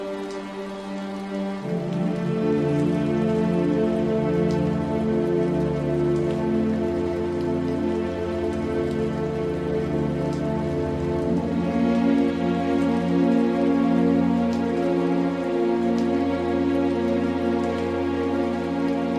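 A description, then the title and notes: Steady rain patters against a window, a dense, even hiss of fine drops throughout. Soft classical music plays underneath, held low tones and sustained notes that swell in just after the second second and keep flowing, with a chord change around twelve seconds. Classical music and rain sounds. The gentle tapping of raindrops against the window panes creates a soothing rhythm that is further enhanced by the dulcet tones of classical & relaxing music.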